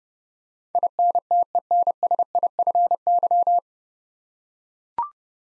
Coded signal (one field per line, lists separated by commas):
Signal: Morse code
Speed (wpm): 29 wpm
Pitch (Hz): 700 Hz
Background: none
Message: INTENSIFY